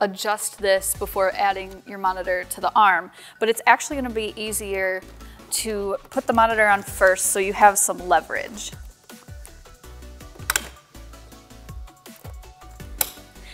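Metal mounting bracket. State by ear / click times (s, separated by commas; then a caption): seated / 10.5 s, 13.0 s. Someone talks over music, then a monitor with a VESA mounting plate is pushed onto the quick-release bracket of a clamp-mounted monitor arm. Several loud, sharp hits sound during the fitting, and the plate clicks into the bracket at 10.5 s and 13.0 s. The monitor ends up seated in the bracket.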